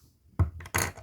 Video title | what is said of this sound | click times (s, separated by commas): HOW TO BUILD: Summer Edition tutorial!!! | just like this and then there it is clicked into place | 0.8 s